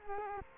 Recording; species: mosquito wingbeat signal from an infrared sensor; Culex quinquefasciatus